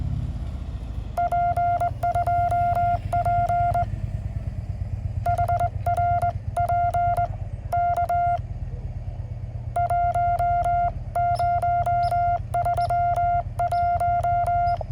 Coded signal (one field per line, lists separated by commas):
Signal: Morse code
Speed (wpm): 19 wpm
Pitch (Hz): 690 Hz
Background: none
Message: P2P HRP K 1031